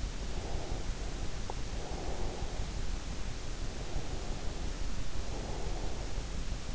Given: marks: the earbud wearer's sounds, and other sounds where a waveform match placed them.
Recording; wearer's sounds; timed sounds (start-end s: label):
sounds in sleep by an in-ear microphone; breath
0.35-2.57 s: breath
3.66-5.89 s: breath